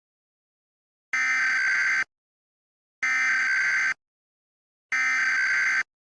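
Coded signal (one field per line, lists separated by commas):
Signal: Emergency Alert System (SAME) tones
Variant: header bursts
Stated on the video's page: Mock national audible test with valid tones; alert tones taken from an NWR macro drive, recreating the 2021 national test with NAT tones.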